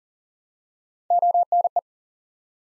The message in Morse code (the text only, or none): ONE